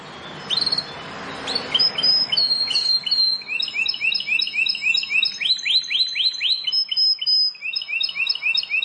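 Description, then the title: Bar-winged prinia song, rapid series of rising chirps and buzzy high trills repeated in bursts. "Ciblek Sawah"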